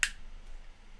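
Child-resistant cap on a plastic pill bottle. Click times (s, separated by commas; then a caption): 0.0 s. A child-resistant plastic cap is turned onto a plastic pharmacy pill bottle, and its safety mechanism gives one sharp, bright click at 0.0 s. Only faint low background noise follows. The cap is locked.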